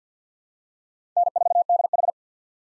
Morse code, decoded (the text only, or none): N4DH